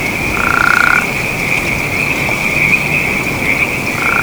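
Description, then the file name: Western spadefoot making a short vibrating snore, with another beginning at the end, while a continuous shrill insect chorus runs throughout. "speahammondii"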